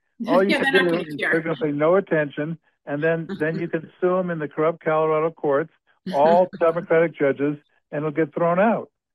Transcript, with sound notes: All you can do is you can pay no attention, and then- then you can sue them in the corrupt Colorado courts-
(laughs)
... all Democratic judges, and it'll get thrown out.